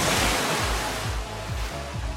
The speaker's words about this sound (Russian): Вдруг резко Жульбер на мотоцикле влетает в бассейн.